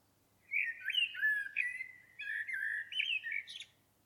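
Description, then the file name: Common blackbird with a continuous run of rich, warbling whistled notes, broken by a brief pause and closing with a squeaky high flourish. "Turdus merula"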